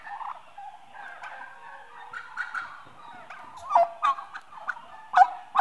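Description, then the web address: Turkeys gobbling in quick, rattling bursts, with several loud, sharp yelps punctuating the last two seconds. Domestic turkeys, livestock, several birds, eight months old. "The BBC Sound Effects Library. Turkeys 8 Months Old"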